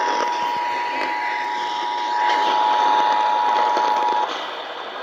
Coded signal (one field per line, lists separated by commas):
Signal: Emergency Alert System (SAME) tones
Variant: 853 and 960 Hz attention tone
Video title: Flash Flood Warning on WBAP-AM 820AM - Dallas, TX | EAS #986